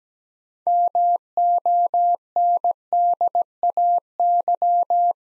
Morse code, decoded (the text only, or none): MONDAY